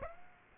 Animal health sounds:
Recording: mosquito wingbeat signal from an infrared sensor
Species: Aedes aegypti

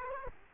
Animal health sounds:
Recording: mosquito wingbeat signal from an infrared sensor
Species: Culex quinquefasciatus

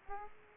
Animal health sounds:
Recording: mosquito wingbeat signal from an infrared sensor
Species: Aedes aegypti

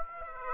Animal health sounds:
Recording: mosquito wingbeat signal from an infrared sensor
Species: Aedes aegypti

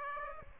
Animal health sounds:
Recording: mosquito wingbeat signal from an infrared sensor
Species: Aedes aegypti

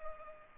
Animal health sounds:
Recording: mosquito wingbeat signal from an infrared sensor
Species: Culex pipiens

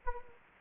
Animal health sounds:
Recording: mosquito wingbeat signal from an infrared sensor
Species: Anopheles gambiae

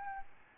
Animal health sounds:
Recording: mosquito wingbeat signal from an infrared sensor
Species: Aedes albopictus

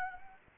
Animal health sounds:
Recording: mosquito wingbeat signal from an infrared sensor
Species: Anopheles arabiensis

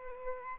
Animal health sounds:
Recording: mosquito wingbeat signal from an infrared sensor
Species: Aedes albopictus

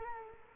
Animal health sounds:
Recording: mosquito wingbeat signal from an infrared sensor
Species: Culex quinquefasciatus

